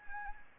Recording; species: mosquito wingbeat signal from an infrared sensor; Anopheles arabiensis